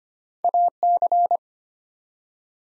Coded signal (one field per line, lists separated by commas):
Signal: Morse code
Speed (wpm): 25 wpm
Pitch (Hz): 700 Hz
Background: none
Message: AC